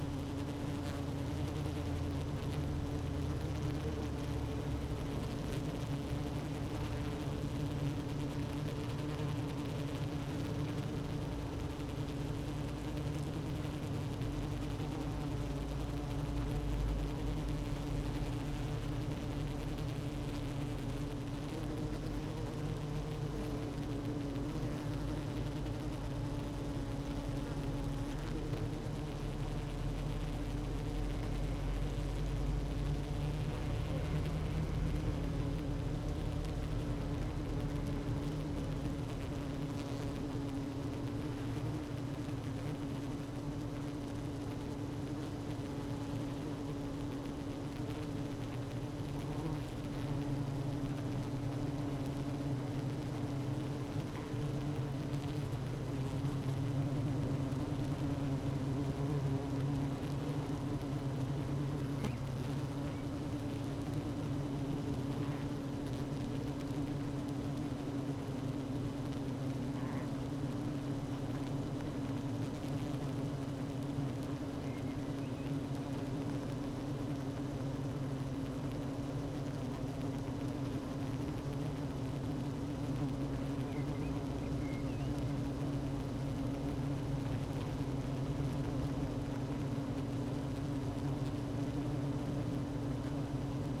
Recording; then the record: honeybee colony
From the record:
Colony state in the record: active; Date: 12 June 2018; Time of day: 16:10